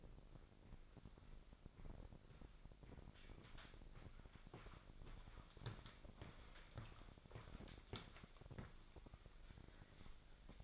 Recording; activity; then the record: daily activity, microphone in the room; walk to room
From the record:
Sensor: 5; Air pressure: 999.6 hPa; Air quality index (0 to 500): 218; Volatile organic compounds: 19 ppm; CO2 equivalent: 2662 ppm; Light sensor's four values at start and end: 35/81/32/31 and 34/72/31/31